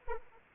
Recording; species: mosquito wingbeat signal from an infrared sensor; Anopheles arabiensis